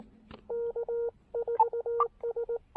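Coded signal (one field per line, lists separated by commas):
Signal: Morse code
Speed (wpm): 19 wpm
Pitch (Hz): 470 Hz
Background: none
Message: K4S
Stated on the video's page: POTA activation of New River Gorge National Park, a QRP operation, recorded in 2022 and shown from the archives.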